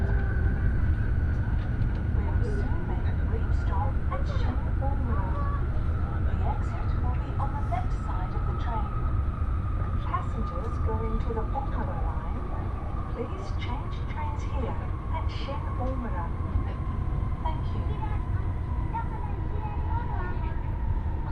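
Interior of the Nishi-Kyushu Shinkansen travelling from Nagasaki to Saga, with a steady, heavy low rumble throughout and a constant whining tone that slowly drifts downward. Murmured speech and small clicks and taps come and go over the running noise.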